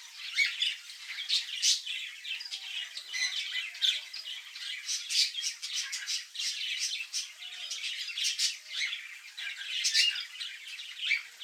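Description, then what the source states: Birds chattering constantly, a dense mix of sharp chirps and squawks overlapping without pause. Recorded in a room.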